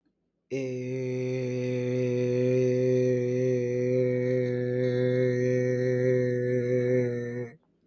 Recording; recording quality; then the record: sustained vowel as in made; excellent, no background noise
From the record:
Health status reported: COVID-19 positive, mild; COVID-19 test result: positive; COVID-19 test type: RT-PCR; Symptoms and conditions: cough, sore throat, fatigue, muscle pain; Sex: male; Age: 25 years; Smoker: no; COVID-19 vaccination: both doses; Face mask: not worn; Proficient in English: yes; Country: India